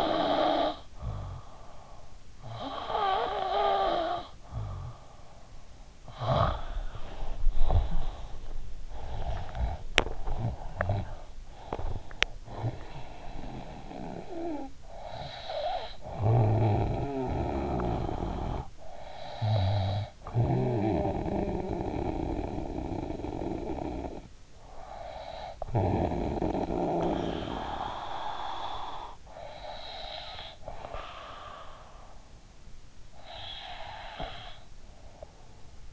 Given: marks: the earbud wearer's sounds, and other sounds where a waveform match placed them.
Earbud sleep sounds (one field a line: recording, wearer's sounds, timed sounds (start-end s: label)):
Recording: sounds in sleep by an in-ear microphone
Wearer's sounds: snoring breath, teeth grinding, breath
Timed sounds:
0.00-8.84 s: snoring breath
8.84-12.92 s: teeth grinding
12.92-29.36 s: snoring breath
29.36-32.48 s: breath
32.48-35.93 s: snoring breath